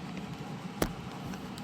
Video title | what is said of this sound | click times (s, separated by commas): 2025 emergency truck loadout for any situation | they lock into place | 0.8 s